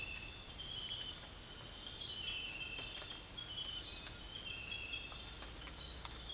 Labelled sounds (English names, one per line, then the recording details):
none
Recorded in dense forest near Puerto Asís, Putumayo, Colombia, on 21 December 2024 at 05:30
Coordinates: 0.485, -76.318
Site GP03